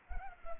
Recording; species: mosquito wingbeat signal from an infrared sensor; Culex pipiens